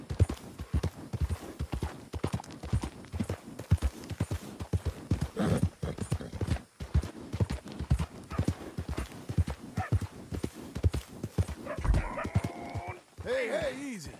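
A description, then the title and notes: A horse's hooves clip-clop steadily at a brisk, even walking pace, sharp knocks arriving several times a second throughout. Near the end, around twelve seconds in, the horse lets out a wavering whinny that rises and falls over the final two seconds. The ambient sounds of the wilderness, wildlife, and weather. The gentle clip-clop of our horse's hooves.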